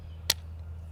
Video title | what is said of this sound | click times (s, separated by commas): Sig MCX 5.56 to 300 BLK Conversion | and locks into place | 0.3 s